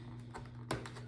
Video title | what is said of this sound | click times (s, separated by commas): Simpson Mod Bandit, Communication install, Sena 10S | and just click right in that. | 0.7 s